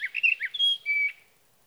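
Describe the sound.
Sage thrasher song: several brisk chirps followed by two sustained pure whistles on slightly different pitches.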